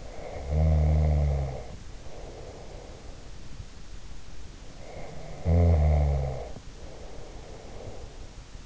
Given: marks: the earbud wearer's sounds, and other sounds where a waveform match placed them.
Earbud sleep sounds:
sounds in sleep by an in-ear microphone; snoring breath
0.00-3.37 s: snoring breath
4.77-8.40 s: snoring breath

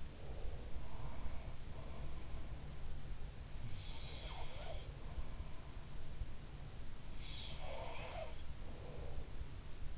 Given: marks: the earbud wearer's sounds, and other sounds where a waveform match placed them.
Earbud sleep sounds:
sounds in sleep by an in-ear microphone; breath
0.00-2.16 s: breath
3.55-4.95 s: sound from someone else or the room
7.41-9.15 s: sound from someone else or the room

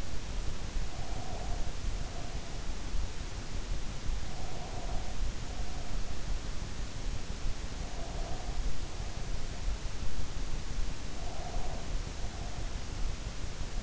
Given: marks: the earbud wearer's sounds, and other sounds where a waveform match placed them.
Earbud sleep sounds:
sounds in sleep by an in-ear microphone; breath
0.91-2.79 s: breath
4.26-6.20 s: breath
7.72-9.64 s: breath
11.10-12.86 s: breath

